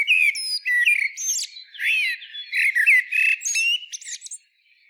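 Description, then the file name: Common blackbird song: a quick series of fluty slurred whistles and squeaky high notes, phrases packed closely together before stopping. "Turdus merula"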